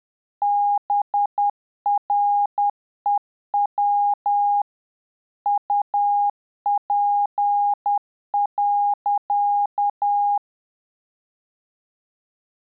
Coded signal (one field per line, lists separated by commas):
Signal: Morse code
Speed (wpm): 10 wpm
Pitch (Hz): 820 Hz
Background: none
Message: BREW UP.